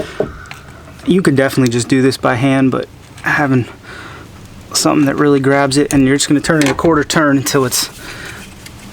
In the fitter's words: there it goes kind of clicked right in